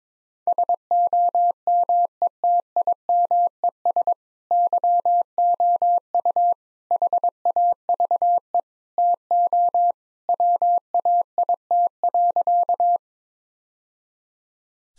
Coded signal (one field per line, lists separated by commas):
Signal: Morse code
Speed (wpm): 22 wpm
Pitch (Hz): 700 Hz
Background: none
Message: SOMETIMES YOU HAVE TO WAIT.